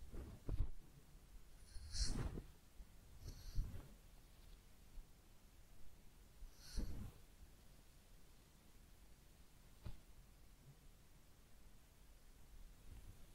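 Head massage and ear cleaning: soft rubbing and scratching sounds come in short bursts, the strongest near 2, 3.5 and 7 seconds, with a small click around 10 seconds. Between them a low, quiet hiss and faint rumbling fill the gaps.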